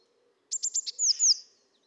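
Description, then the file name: Eurasian blue tit call: four quick high ticks followed by two bright descending slurred notes, sharp and clean against a quiet background. "Cyanistes caeruleus"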